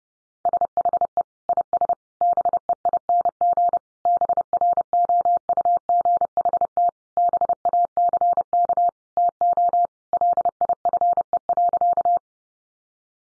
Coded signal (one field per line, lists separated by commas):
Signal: Morse code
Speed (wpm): 30 wpm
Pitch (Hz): 700 Hz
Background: none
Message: SHE IS BEING BROUGHT BACK TO LIFE.